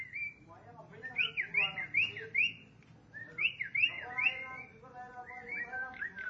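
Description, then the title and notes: Starling song with clear rising-and-falling whistled phrases repeated in short series, separated by brief pauses and soft chattering notes. "suara burung jalak"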